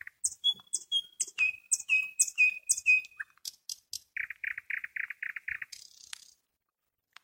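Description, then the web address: Nightingale song: loud paired notes repeated about twice a second, then a fast, even rattle of clipped notes ending in a hiss. "spiew slowika slowik wiejski"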